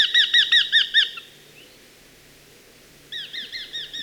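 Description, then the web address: Eurasian hobby calling, a rapid series of ringing, down-slurred kew notes about two or three per second, a pause, then the series resumes. "Hobby"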